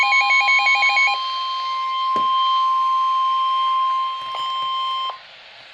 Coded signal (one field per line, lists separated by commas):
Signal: Emergency Alert System (SAME) tones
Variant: 1050 Hz attention tone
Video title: REAL EAS #400 - PART OF 401 - 2 Severe Tstorm Warnings